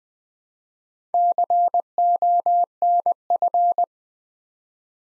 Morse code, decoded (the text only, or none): CONF